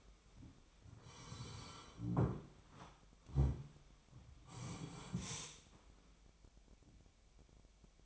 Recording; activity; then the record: daily activity, microphone in the room; sit down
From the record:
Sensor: 1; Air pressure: 1008.0 hPa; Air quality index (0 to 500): 192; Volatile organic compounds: 17 ppm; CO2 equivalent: 2596 ppm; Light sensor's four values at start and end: 13/32/13/14 and 13/33/13/14